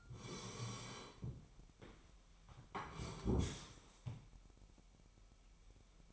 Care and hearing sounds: daily activity, microphone in the room; sit down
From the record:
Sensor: 1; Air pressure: 998.5 hPa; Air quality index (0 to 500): 118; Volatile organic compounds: 3 ppm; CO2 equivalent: 1416 ppm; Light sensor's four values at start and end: 8/19/8/9 and 8/19/8/9

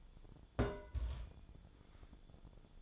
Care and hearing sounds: daily activity, microphone in the room; place on stove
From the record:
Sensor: 5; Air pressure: 1000.1 hPa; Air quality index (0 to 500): 95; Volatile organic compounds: 1 ppm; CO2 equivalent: 779 ppm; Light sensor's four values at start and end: 313/748/322/361 and 312/744/320/359

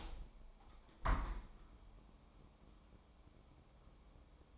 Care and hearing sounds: daily activity, microphone in the room; open window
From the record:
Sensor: 1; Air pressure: 1014.9 hPa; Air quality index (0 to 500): 31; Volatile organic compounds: 1 ppm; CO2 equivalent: 540 ppm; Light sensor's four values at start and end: 10/25/10/11 and 11/26/10/11

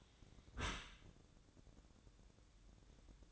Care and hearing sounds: daily activity, microphone in the room; close dishwasher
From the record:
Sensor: 3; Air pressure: 1012.3 hPa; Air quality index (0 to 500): 161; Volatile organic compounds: 2 ppm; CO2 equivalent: 1239 ppm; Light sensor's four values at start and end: 564/1390/574/576 and 564/1390/574/576

